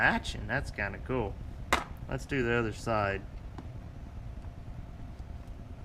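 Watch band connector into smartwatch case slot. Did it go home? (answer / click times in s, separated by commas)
no / none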